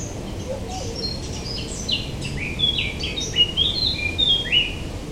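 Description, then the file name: A blackcap gives a quiet, scratchy, chattering warble that builds into a loud finale of clear, flute-like whistles jumping in pitch, over faint low rumble. "Sylvia atricapilla"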